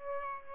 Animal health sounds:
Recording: mosquito wingbeat signal from an infrared sensor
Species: Aedes aegypti

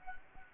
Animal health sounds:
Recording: mosquito wingbeat signal from an infrared sensor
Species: Anopheles gambiae

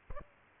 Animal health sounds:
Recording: mosquito wingbeat signal from an infrared sensor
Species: Aedes albopictus

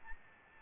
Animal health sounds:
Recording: mosquito wingbeat signal from an infrared sensor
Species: Aedes albopictus

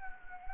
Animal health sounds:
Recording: mosquito wingbeat signal from an infrared sensor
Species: Anopheles gambiae

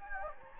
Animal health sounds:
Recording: mosquito wingbeat signal from an infrared sensor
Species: Anopheles gambiae

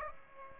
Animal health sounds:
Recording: mosquito wingbeat signal from an infrared sensor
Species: Aedes aegypti

